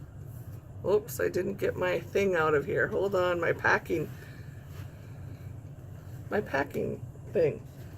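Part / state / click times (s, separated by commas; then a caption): folding support latch of a portable lap desk / not seated / none. Someone talks while handling a portable zip-up lap desk whose folding support latch is meant to lock open with a click, over a steady low background hum. The clip ends before the latch locks; nothing has seated or clicked yet.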